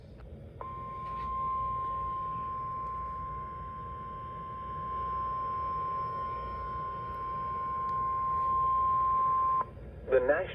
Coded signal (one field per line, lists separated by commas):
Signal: Emergency Alert System (SAME) tones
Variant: 1050 Hz attention tone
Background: speech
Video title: A Mid-Summer Dozen || EAS Alerts from 7/21 and 7/23/22 || EAS 331-342